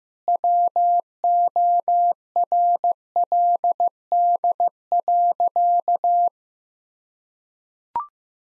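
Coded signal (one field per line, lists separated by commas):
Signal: Morse code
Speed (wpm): 15 wpm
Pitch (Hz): 700 Hz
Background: none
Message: WORLD.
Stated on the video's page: Morse practice drill at 15 wpm of sentences containing common five-word phrases, each sentence sent twice for head-copy.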